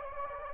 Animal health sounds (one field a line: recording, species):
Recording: mosquito wingbeat signal from an infrared sensor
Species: Anopheles arabiensis